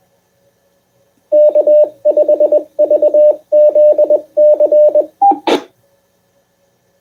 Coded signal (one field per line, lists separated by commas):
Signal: Morse code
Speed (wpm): 20 wpm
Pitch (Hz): 600 Hz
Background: radio noise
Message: K5VZC